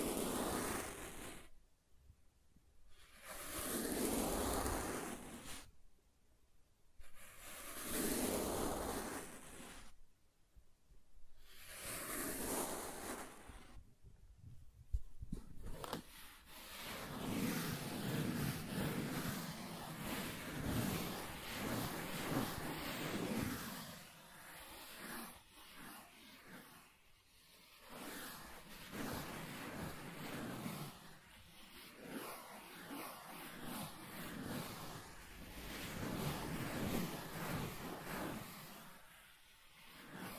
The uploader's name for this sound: Soft Tracing on Smooth and Rough Surfaces